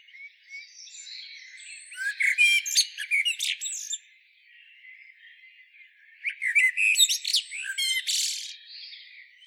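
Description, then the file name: Common blackbird uttering two separate bursts of fast, scratchy twittering mixed with brief whistles, a pause of about two seconds between them. "Turdus merula"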